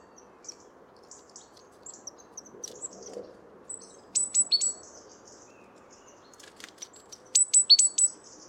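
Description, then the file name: Great tit calls: faint scattered high notes at first, then two short bursts of sharp, descending whistled notes toward the end. "Parus major"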